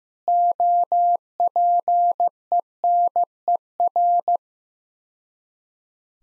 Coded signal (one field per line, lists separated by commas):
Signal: Morse code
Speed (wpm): 15 wpm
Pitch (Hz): 700 Hz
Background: none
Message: OPENER